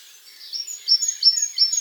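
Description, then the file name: Great tit song: a few high, sharp repeated notes building in strength over under two seconds. "Parus major"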